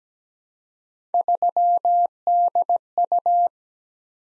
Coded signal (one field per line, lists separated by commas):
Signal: Morse code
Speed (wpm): 17 wpm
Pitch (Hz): 700 Hz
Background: none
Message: 3DU